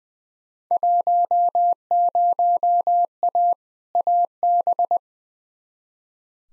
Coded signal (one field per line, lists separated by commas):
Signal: Morse code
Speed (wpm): 21 wpm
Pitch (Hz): 700 Hz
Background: none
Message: 10A AB